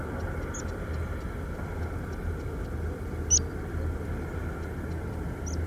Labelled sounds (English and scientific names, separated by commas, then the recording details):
Meadow Pipit (Anthus pratensis)
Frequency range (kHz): Meadow Pipit (Anthus pratensis) 2.5-7.3 kHz
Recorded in France